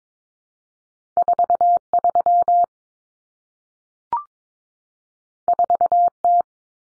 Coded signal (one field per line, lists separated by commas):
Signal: Morse code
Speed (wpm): 22 wpm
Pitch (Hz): 700 Hz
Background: none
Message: 43 4T